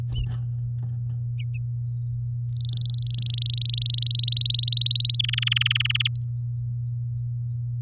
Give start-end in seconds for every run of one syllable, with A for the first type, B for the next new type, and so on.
2.49-4.09 A, 4.10-5.17 B, 5.19-6.08 C, 6.15-6.24 D